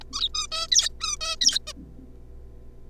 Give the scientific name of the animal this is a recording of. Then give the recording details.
Taeniopygia guttata. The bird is a juvenile. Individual R3549